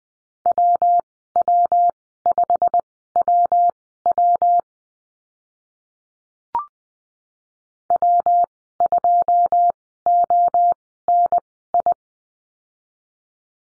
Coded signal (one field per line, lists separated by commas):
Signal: Morse code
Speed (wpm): 19 wpm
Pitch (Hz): 700 Hz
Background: none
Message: WW5WW W2ONI